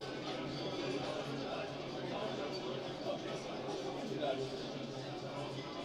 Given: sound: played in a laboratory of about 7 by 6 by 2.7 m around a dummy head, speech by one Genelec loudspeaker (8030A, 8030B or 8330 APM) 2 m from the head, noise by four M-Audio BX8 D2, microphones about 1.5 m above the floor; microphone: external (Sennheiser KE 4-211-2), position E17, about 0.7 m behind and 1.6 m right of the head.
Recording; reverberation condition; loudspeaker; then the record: cafeteria noise; low; four, about 170 cm from the corners of the room and facing them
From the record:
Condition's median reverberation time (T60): about 310 ms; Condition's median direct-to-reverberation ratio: about 3.5 dB